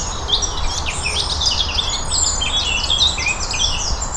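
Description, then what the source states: Bird song from several birds: a busy chorus of quick high chirps, trills and whistled phrases overlapping without pause, over a steady low rumbling background. Birdsong recorded on Cadbury Hill.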